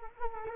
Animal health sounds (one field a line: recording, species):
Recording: mosquito wingbeat signal from an infrared sensor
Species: Culex quinquefasciatus